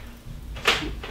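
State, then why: Not seated. A removable part, possibly a canopy or seat clip matched to its spot by a black and white marking, is fitted onto the frame mount of a 2021 Bugaboo Bee 6 stroller. Short bursts of plastic handling noise come near 0.7 s and again near 1.1 to 1.2 s. Nothing has clicked or seated yet when the sound ends.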